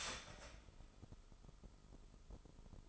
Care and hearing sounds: daily activity, microphone in the room; start toaster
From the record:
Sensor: 5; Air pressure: 988.7 hPa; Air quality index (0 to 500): 226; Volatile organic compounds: 152 ppm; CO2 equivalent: 4031 ppm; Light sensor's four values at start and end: 40/124/48/52 and 40/124/48/52

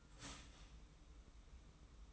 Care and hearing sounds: daily activity, microphone in the room; start toaster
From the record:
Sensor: 1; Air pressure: 990.7 hPa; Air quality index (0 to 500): 144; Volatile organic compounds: 885 ppm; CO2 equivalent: 5197 ppm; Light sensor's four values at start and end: 27/64/27/30 and 27/64/27/30

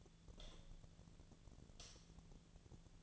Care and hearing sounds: daily activity, microphone in the room; light off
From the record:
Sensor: 4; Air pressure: 1010.8 hPa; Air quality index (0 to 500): 170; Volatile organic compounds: 5 ppm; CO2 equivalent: 1728 ppm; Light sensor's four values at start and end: 39/113/45/46 and 39/113/45/46

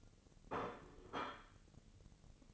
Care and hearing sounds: daily activity, microphone in the room; place plate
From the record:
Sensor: 4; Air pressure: 1008.3 hPa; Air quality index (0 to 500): 82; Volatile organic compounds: 1 ppm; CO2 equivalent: 650 ppm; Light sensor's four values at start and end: 12/28/11/11 and 12/28/11/11

